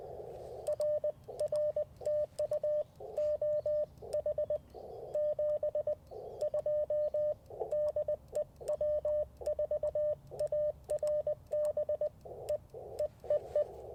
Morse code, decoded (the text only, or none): R RTU OH 72 DE W4ARB E EEE